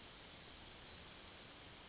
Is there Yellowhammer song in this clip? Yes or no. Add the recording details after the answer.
yes. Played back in forest. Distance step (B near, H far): C. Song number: 018